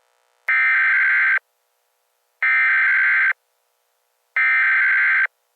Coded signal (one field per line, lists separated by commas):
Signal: Emergency Alert System (SAME) tones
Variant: header bursts